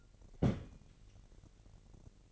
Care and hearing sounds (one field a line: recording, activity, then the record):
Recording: daily activity, microphone in the room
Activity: place on stove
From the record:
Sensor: 4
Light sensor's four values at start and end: 25/59/24/24 and 25/59/24/24